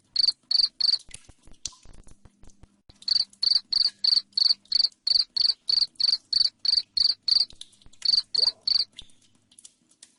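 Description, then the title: Cricket chirping: loud, shrill pulsed chirps repeated about three times a second in bursts, with pauses between runs and faint clicks in the background. Loud cricket chirping played to make lovebirds sing continuously (ngekek). "Suara JANGKRIK NGERIK Keras Bikin LOVEBIRD Jadi NGEKEK Terus Vubey"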